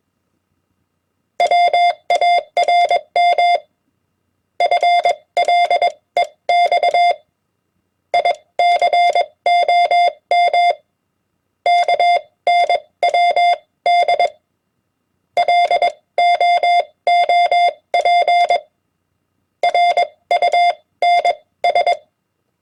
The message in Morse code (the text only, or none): WARM FLEX ICOM KNWD LOOP RUNS